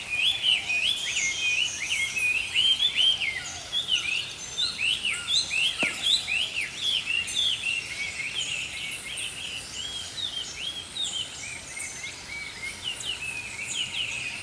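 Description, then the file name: Songbirds singing in a dense chorus of high, rapid, chirping and twittering phrases from several birds, loudest in the first four seconds, with a faint steady hiss beneath. Early morning. "Healing Power Natural Sounds Oasis - Early Morning Songbirds"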